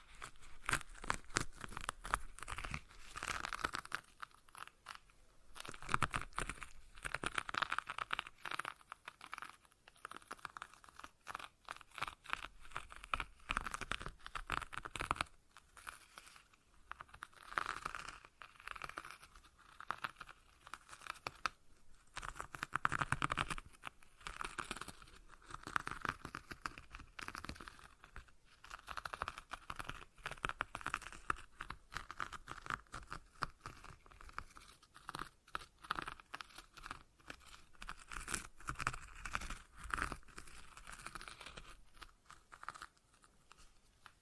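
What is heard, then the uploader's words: A stress ball is squeezed and kneaded over and over, giving dense crinkling, crackling squishes that run almost without pause. The handling comes in irregular bursts, louder around 6–8, 17 and 23 seconds, with brief quieter gaps between squeezes. ASMR Relaxing Stress Ball Sounds (No Talking).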